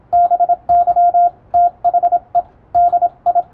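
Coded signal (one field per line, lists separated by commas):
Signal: Morse code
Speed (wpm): 27 wpm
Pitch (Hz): 700 Hz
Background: radio noise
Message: BY THE DI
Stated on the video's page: Morse reception practice for radiotelegraph operators, copied by typing; Morse formerly used between ships and coast stations.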